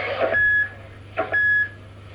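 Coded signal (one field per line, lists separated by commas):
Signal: roger beep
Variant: CB radio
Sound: two short bursts of static, each ending in a brief steady mid-pitched beep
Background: radio static, low hum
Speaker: Well, I'm getting the Roger beep.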